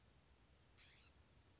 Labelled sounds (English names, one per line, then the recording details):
California Scrub-Jay
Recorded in Sonoma County, California